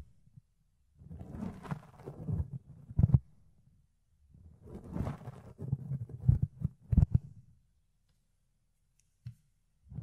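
Fluffy ear cleaning comes in two dense bursts of soft rubbing and crackly scratching, with sharp pops around three and seven seconds.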